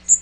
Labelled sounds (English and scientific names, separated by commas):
Magnolia Warbler (Setophaga magnolia) flight call